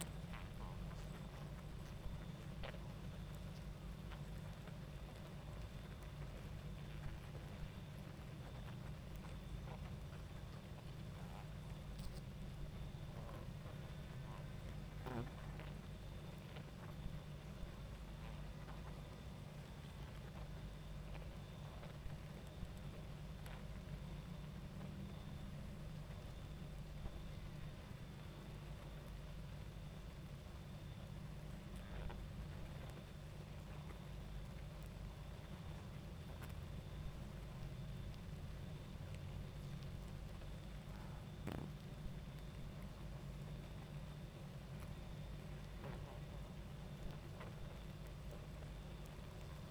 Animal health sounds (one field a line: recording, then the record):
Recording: honeybee colony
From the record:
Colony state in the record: active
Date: 28 July 2017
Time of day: 22:18